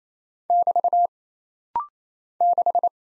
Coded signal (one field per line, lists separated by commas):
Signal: Morse code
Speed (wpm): 27 wpm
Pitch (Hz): 700 Hz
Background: none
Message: <BT> 6